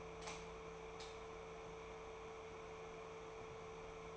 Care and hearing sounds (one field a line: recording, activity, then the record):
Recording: daily activity, microphone in the room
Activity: light on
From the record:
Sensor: 1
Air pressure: 1014.6 hPa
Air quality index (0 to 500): 173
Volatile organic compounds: 14 ppm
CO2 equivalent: 2444 ppm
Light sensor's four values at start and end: 20/51/21/25 and 33/86/35/42